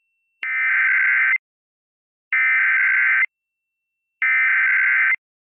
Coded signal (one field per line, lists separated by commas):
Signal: Emergency Alert System (SAME) tones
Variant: header bursts